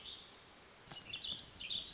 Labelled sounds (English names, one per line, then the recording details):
Warbling Vireo
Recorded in Sonoma County, California